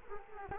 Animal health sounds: mosquito wingbeat signal from an infrared sensor; Culex quinquefasciatus

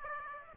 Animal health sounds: mosquito wingbeat signal from an infrared sensor; Aedes aegypti

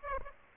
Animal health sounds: mosquito wingbeat signal from an infrared sensor; Aedes aegypti

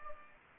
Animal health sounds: mosquito wingbeat signal from an infrared sensor; Aedes aegypti

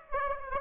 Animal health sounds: mosquito wingbeat signal from an infrared sensor; Aedes aegypti

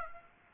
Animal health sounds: mosquito wingbeat signal from an infrared sensor; Aedes aegypti

